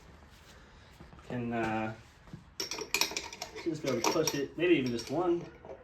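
A metal retaining clip on the drum clutch shaft of an Echo SRM 2620T string trimmer is handled with a flathead screwdriver while someone talks. A cluster of sharp metallic taps and scrapes is heard between about 2.6 and 3.4 seconds. Nothing has seated or clicked into its groove yet.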